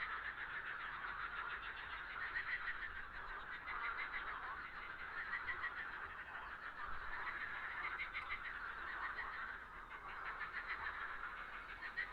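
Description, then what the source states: Frogs in chorus, an unbroken rattling wall of rapid croaks that rises and dips in loudness. Frogs on a lake.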